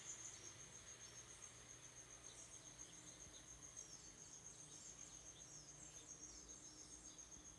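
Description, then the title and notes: Cricket chorus: an unbroken high-pitched trill that holds steady the whole time. Early in the morning, 3 June 2017 at 05:54, recorded in mono on a Moto G4 mobile phone. "Grilos pela Manhã. Grilos e pássaros num início da manhã. Data: 03/06/2017 Horário: 05:54"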